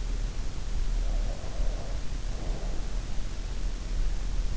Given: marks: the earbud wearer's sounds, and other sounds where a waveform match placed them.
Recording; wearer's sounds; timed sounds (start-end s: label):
sounds in sleep by an in-ear microphone; breath
0.29-3.26 s: breath